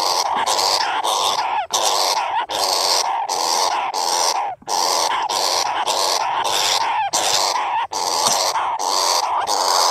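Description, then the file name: Flying squirrel calling in fast, raspy, noisy bursts, nearly continuous with short gaps. "tieng soc bay keu chuan nhat"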